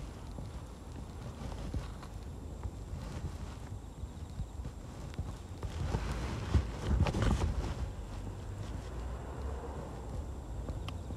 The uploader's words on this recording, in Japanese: ガサガサ音あり 人参除草／夕暮れ。片手にハサミを持ちながら、草を抜きつつ、大きいものはチョンチョン切っていきます。蚊が集まってきて、服の上からでも強烈に刺してきます。秋虫も大合唱。